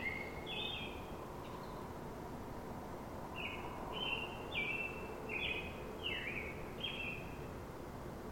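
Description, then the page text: American Robin giving a string of bright, slurred whistled phrases against a steady low hiss. Sung in the morning. "American Robin greets The Morning. Vytautas Bucionis"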